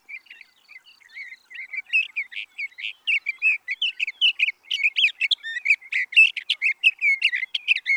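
Sage thrasher song starting softly, then building into a loud, hurried stream of chattering, warbling notes.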